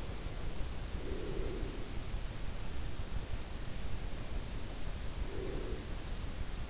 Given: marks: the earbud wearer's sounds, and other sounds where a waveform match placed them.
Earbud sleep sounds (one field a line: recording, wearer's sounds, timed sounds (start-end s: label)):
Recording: sounds in sleep by an in-ear microphone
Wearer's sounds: breath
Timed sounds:
0.90-1.97 s: breath
5.33-5.91 s: breath